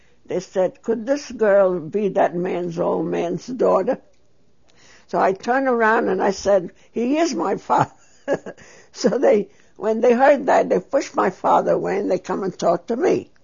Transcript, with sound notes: They said, "Could this girl be that man's old man's daughter?" So I turned around and I said, "He is my father." ( she laughs ) So they, when they heard that they pushed my father away and they come and talk to me.